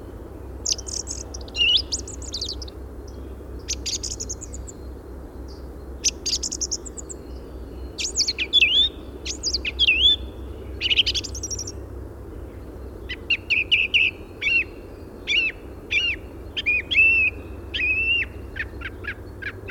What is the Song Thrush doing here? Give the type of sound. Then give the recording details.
song. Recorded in the wild. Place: Schaabe, Mecklenburg-Vorpommern, DE. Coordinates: 54.574, 13.433. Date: 1975-03-23. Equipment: Nagra III BH, Sennheiser MD 21, parabola. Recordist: Schubert, Michael